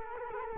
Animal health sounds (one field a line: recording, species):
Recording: mosquito wingbeat signal from an infrared sensor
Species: Culex quinquefasciatus